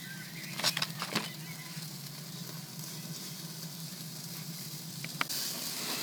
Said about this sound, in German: Ja, die Spieße brutzeln jetzt fröhlich vor sich hin. Ich hoffe, man hört es. Zischt ganz schön, weil ja das Fett von dem Bacon runtertropft.